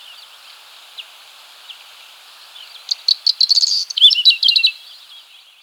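Whinchat song: a quiet, scattered start, then a brief rush of scratchy, chattering high notes in the middle that stops abruptly.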